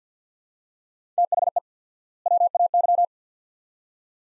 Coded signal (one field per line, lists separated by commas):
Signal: Morse code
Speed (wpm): 48 wpm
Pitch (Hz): 700 Hz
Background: none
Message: THE WAY